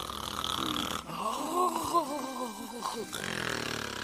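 A voice imitates snoring: a drawn-out, wavering, nasal rumble that rises and falls for a couple of seconds, set against steady background noise.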